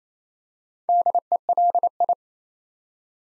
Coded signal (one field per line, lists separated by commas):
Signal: Morse code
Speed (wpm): 27 wpm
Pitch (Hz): 700 Hz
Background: none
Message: DELI